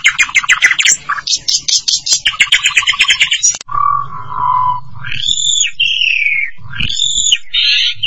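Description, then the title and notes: Starling song: quick harsh pulsed notes, then lower drawn-out whistles and rising squeals over a faint low hum. "suara burung jalak"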